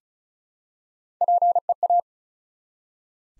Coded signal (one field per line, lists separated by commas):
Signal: Morse code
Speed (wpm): 36 wpm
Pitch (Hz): 700 Hz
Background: none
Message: PEA